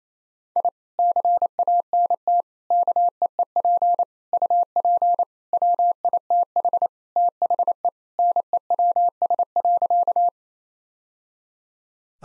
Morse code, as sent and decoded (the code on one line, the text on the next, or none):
.. / -.-. .- -. - / -.- . . .--. / ..- .--. / .-- .. - .... / - .... . / -. . .-- ... .-.-.-
I CANT KEEP UP WITH THE NEWS.